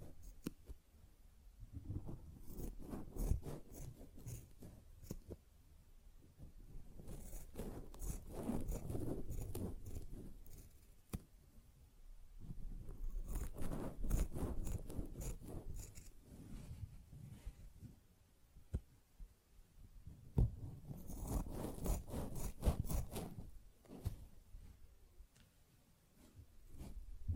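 A sponge is scratched and rubbed in four rough, scraping bursts, each lasting a few seconds, separated by short pauses. The strokes sound dry and crackly, with sharp little snaps and clicks scattered through them and a dull low rumble underneath.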